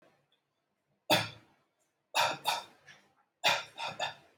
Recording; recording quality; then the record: heavy voluntary cough; excellent, no background noise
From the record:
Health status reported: healthy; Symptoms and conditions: none ticked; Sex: male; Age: 30 years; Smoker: not ticked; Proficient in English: yes